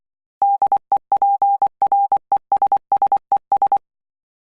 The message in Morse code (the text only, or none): DEPRESSES